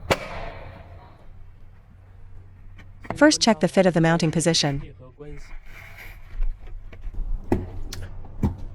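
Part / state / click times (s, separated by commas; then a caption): plastic acoustic engine cover onto engine mounts / seated / 7.5 s, 7.9 s. Someone refits a plastic acoustic engine cover onto its mounts on a BMW B48 engine, inserting the rear tabs first and then pressing the front down. After a sharp knock at the start and someone talking in the middle, the front of the cover clicks into place with two sharp snaps at 7.5 and 7.9 s. The cover is seated and installed.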